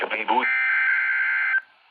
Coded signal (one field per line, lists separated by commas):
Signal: Emergency Alert System (SAME) tones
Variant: header bursts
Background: speech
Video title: NWR Weeklies (EAS #744-#755)